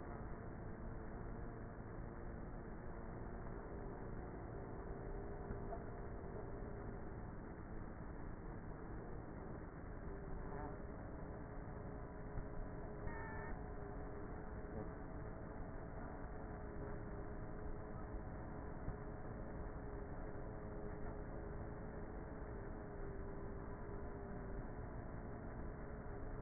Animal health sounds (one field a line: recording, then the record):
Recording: honeybee colony, microphone inside the hive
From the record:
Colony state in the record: queenless with a low population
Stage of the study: before two queens were removed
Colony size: about 30,000 bees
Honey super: no